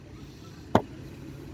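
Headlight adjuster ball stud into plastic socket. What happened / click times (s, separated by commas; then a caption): A plastic clip snapped home into its socket / 0.8 s. On an EB Ford headlight rebuild, the third headlight adjuster ball stud of the headlight frame is pressed home into its plastic socket, giving one sharp click at 0.8 s over a low, steady background hum. The third clip snaps home and is seated.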